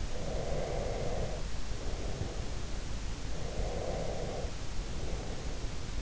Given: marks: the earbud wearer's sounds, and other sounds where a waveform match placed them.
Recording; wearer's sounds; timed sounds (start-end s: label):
sounds in sleep by an in-ear microphone; breath
0.07-2.69 s: breath
3.33-5.97 s: breath